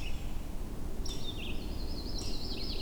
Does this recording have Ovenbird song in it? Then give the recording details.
no. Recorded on 22 June 2016 at 08:33. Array SBT-6-76